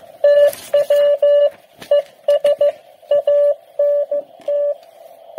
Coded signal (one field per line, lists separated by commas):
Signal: Morse code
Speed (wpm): 14 wpm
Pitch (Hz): 580 Hz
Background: radio noise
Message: TW ES ANT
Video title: G3WZD QRP QSO